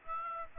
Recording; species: mosquito wingbeat signal from an infrared sensor; Aedes aegypti